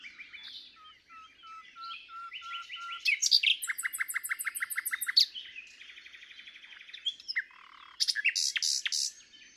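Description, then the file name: Common nightingale singing varied phrases: a row of soft repeated notes, then loud rapid trills, chattering notes and bright high bursts near the end. "Luscinia megarhynchos"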